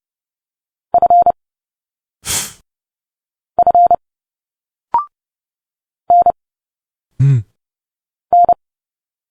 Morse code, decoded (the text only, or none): F F N N